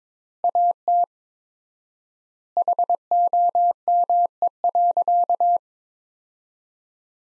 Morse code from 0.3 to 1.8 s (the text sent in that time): AT